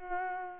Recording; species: mosquito wingbeat signal from an infrared sensor; Culex pipiens